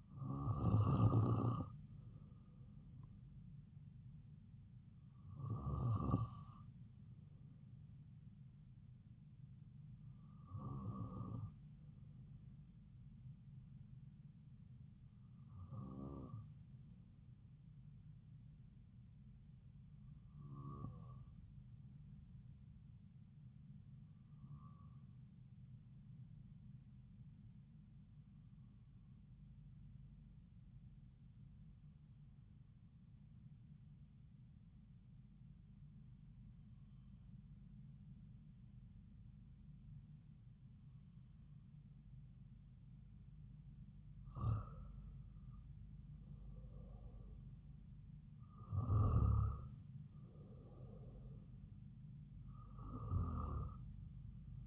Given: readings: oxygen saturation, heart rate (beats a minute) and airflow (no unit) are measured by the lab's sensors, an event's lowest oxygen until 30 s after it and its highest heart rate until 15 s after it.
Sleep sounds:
breathing in sleep by a smartphone at the bedside; 1
25.00-41.40 s: hypopnea (N2, oxygen 96% highest, then 92% lowest)
From the record:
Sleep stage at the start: N2 (light sleep); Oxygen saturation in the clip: 92 to 96%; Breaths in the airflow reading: 13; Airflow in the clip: -4.5 to 4.0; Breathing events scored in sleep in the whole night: 270 in 6.1 hours asleep

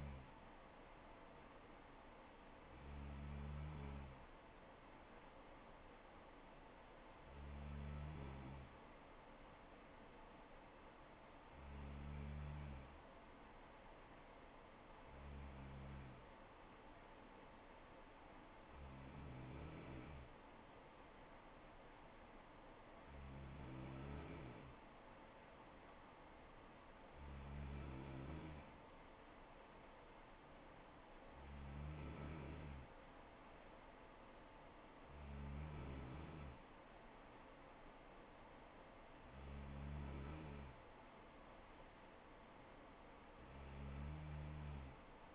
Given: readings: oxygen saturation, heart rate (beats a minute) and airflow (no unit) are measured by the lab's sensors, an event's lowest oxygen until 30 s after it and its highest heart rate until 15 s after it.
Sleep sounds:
breathing in sleep by a voice recorder at the bedside; none
none scored
From the record:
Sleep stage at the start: N3 (deep sleep); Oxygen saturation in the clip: 94 to 95%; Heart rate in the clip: 65 to 68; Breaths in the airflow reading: 11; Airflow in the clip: -3.8 to 2.6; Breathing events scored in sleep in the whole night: 79 in 6.3 hours asleep

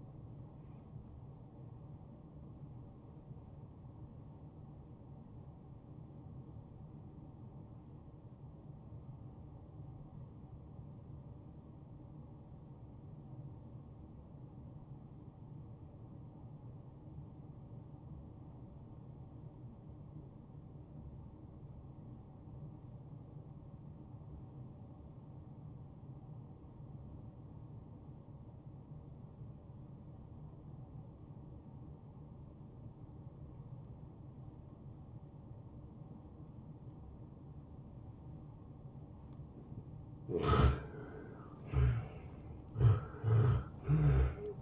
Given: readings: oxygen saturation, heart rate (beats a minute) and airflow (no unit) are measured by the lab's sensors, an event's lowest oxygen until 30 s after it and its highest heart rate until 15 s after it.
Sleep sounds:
breathing in sleep by a smartphone at the bedside; 1
6.00-40.50 s: hypopnea (N1, oxygen 92% highest, then 82% lowest, heart rate 69 at the start, 69 highest)
From the record:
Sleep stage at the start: N1 (lightest sleep); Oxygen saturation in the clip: 85 to 92%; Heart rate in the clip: 58 to 69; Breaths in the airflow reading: 9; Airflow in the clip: -14.6 to 8.5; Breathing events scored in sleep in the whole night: 263 in 5.5 hours asleep

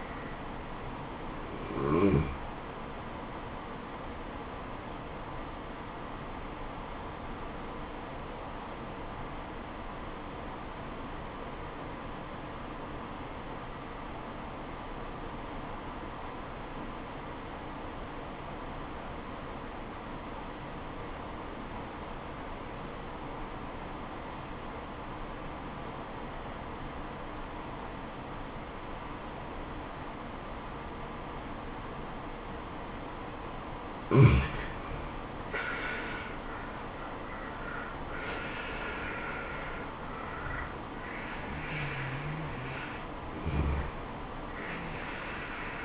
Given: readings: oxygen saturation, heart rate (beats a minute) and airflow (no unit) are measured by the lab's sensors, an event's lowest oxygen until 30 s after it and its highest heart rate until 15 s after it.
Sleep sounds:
breathing in sleep by a voice recorder at the bedside; 1
5.00-35.60 s: obstructive apnea (N1, oxygen 96% highest, then 79% lowest, heart rate 71 at the start, 82 highest)
9.00-39.00 s: new sleep stage, N2 (light sleep)
39.00-45.85 s: new sleep stage, N1 (lightest sleep)
From the record:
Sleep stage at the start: N1 (lightest sleep); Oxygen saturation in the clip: 83 to 96%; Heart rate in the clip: 62 to 82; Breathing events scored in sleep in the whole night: 426 in 7.4 hours asleep

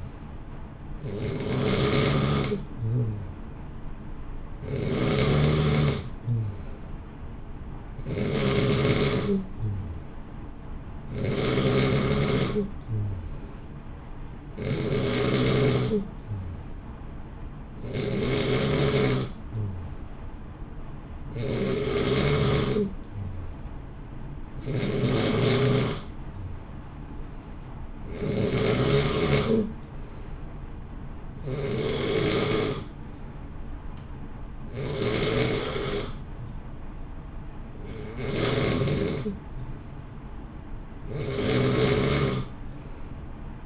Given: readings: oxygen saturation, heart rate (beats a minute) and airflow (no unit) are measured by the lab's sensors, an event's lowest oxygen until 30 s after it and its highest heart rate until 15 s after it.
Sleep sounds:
breathing in sleep by a smartphone at the bedside; none
36.00-43.66 s: new sleep stage, N3 (deep sleep)
From the record:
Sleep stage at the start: N2 (light sleep); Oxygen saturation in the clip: 90 to 91%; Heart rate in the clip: 58 to 63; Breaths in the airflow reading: 13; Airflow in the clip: -0.7 to 0.9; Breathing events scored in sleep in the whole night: 328 in 6.3 hours asleep

